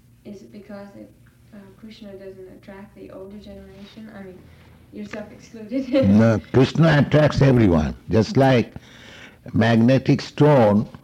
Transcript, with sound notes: Is it because Kṛṣṇa doesn't attract the older generation—I mean, yourself excluded? [laughs]
No. Kṛṣṇa attracts everyone. Just like magnetic stone